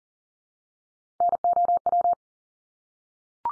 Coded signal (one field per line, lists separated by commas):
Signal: Morse code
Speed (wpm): 40 wpm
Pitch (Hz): 700 Hz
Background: none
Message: NOW